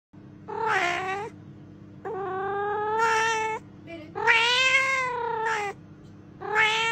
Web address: si tu as perdu ton chat mets ce son